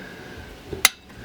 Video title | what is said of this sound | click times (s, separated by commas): How to Service CVT Transmission Honda Accord 2013, 2014, 2015 HCF-2 | going to hear a nice click, just like that. | 0.9 s